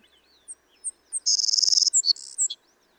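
Savannah sparrow singing: thin high ticks lead into a strong, insect-like buzzy trill, then a lower, harsher buzz and a short dropping note.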